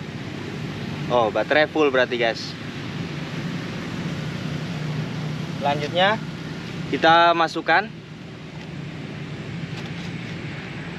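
A full flight battery for a DJI Mavic 3 Classic drone is lined up and moved into position in the drone body's battery bay, ready for insertion. Someone talks in short bursts over a steady low background hum. The battery has not yet seated or clicked into place.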